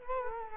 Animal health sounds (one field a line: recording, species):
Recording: mosquito wingbeat signal from an infrared sensor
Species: Culex quinquefasciatus